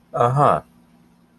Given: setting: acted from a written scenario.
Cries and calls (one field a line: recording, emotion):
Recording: vocal sound without words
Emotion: neutral